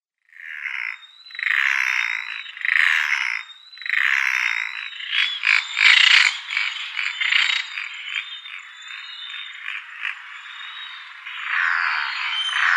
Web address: Schulze Peter Brown Noddy